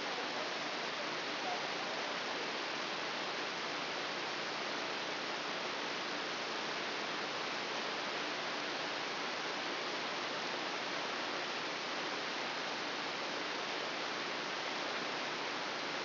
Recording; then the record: brain microelectrode recording played as sound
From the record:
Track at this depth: inside the subthalamic nucleus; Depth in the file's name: 3.308 mm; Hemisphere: left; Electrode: 2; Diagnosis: Parkinson's disease